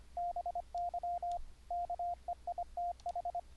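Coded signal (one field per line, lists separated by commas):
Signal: Morse code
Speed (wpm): 27 wpm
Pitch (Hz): 700 Hz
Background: radio noise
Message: BY KEITH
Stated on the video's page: CW sent over the internet through Mumble using EhoCW software with keyboard, paddle or straight-key sending, with pitch regeneration on received audio.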